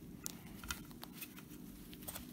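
A plastic chassis component is handled and slid into the chassis of a Hobao Hyper 7 TQ RC car, producing a few short, sharp ticks and light scrapes over a steady low hum. Nothing has seated or clicked into place yet.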